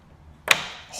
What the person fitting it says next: Oh, what a satisfying fit. Satisfying click.